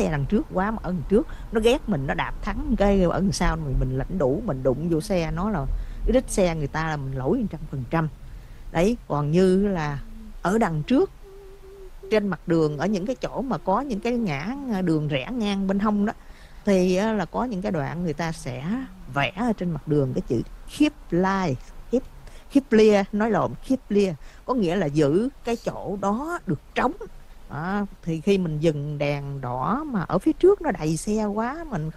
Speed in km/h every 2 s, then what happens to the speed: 34, 32, 26, 19, 11, 0, 0, 0, 0, 0, 0, 0, 0, 0, 0, 0.
0-10 slows to 0. 10-32 standing.